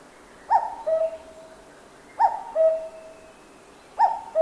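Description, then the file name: Cuckoo repeating a descending two-note cuck-oo, two full calls and the start of a third, spaced about every one and three-quarter seconds, over quiet hiss. Cuckoo call in a forest in Japan. "BIRD CUCKOO CALL JAPAN FOREST"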